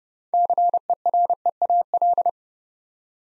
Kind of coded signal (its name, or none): Morse code